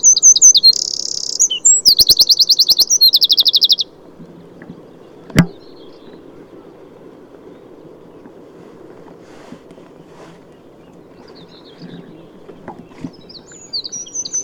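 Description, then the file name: Eurasian wren song, a burst of high, shrill notes and rapid trills in the first four seconds, followed by near silence with a faint low hum and a sharp click, then faint high notes near the end. "Troglodytes troglodytes"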